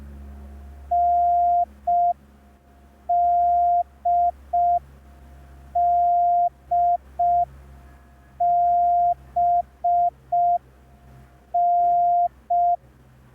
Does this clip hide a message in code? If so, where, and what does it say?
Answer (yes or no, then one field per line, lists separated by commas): yes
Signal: Morse code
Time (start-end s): 0.9-12.8 s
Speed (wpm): 5 wpm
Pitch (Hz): 700 Hz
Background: none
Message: NDDBN